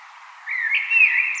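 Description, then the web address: Common blackbird song fragment: a single low, rich fluted phrase rising slightly, with a thin high note at the end. "vogelstimmen amsel gesang nabu lars lachmann"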